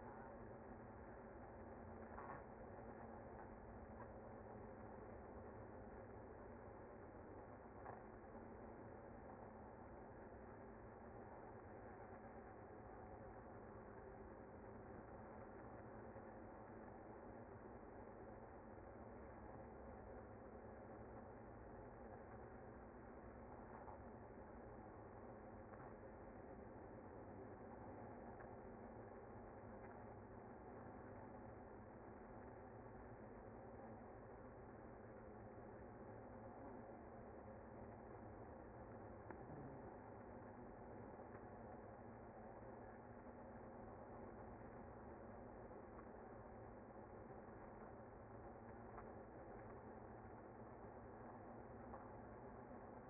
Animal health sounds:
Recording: honeybee colony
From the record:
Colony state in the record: active

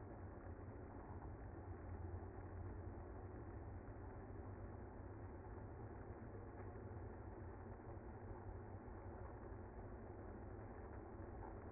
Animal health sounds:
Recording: honeybee colony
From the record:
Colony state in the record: active

